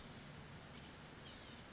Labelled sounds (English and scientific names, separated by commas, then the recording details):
Blue-gray Gnatcatcher (Polioptila caerulea)
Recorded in Sonoma County, California